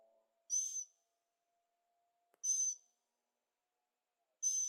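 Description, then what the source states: Bird calls: high, sharp whistled notes repeated about every two seconds over a faint steady low drone. Birds singing at night in Carefree, Arizona; recorded in stereo on a Zoom H6.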